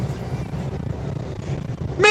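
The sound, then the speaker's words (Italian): A steady, low roar of wind rushing through a car window lowered while overtaking a truck on a motorway, mixed with engine and road rumble, ending in a brief, brighter tonal burst. “Ecco, si sono tolti, lo sto superando, abbasso il finestrino.”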